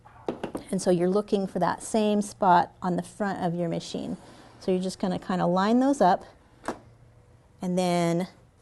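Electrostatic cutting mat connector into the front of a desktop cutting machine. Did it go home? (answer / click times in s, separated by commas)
no / none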